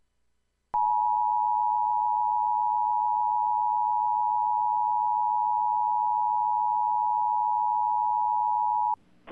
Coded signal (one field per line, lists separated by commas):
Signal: Emergency Alert System (SAME) tones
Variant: 853 and 960 Hz attention tone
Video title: National Weather Service Severe Thunderstorm Warning EAS - May 21, 2024 | WI (VHS)